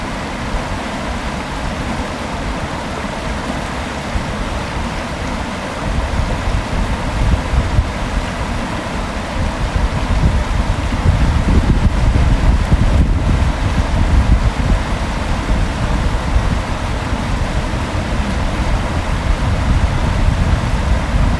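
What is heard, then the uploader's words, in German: Fast-flowing river water rushes steadily, a dense, unbroken wash with a strong low rumble beneath a hissy upper layer. The flow swells slightly louder after about six seconds and stays full to the end, with no distinct events standing out. Am sonnigen Sonntag haben wir eine kleine Fahrradtour bei uns an der Sieg entlang gemacht. Das Handy an den Fluß zu legen und das Geräusch des an dieser Stelle schnell fließenden Wassers aufzunehmen.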